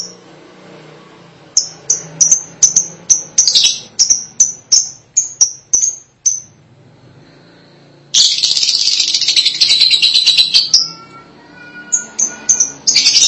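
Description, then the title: Lovebird calls: sharp, high chirps repeated rapidly, then a dense burst of harsh chattering, followed by more high chirps. "Suara Burung Lovebird"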